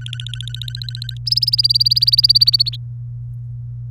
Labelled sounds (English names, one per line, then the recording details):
Domestic Canary song
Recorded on 24 April 2018 at 18:15
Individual llb3